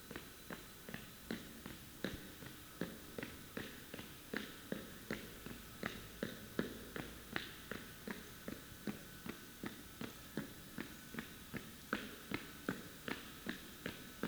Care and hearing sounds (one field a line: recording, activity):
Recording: daily activity, guitar pickup as the sensor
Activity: run